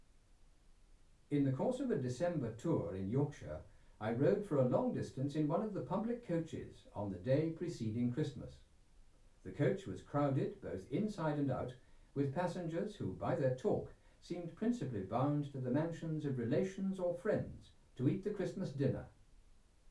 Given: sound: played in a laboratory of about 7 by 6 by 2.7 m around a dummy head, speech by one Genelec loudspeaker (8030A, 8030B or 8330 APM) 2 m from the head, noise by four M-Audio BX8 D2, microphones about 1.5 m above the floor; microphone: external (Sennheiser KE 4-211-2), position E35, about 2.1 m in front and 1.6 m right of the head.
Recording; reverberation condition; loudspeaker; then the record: male speech in English; low; 60 degrees to the left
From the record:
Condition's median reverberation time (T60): about 310 ms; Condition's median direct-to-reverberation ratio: about 3.5 dB